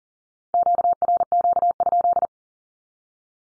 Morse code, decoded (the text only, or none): QRQ?